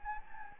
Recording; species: mosquito wingbeat signal from an infrared sensor; Anopheles gambiae